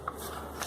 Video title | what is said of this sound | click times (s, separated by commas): Power line 880 after 3 years talk | tweak and that locks they | 0.1 s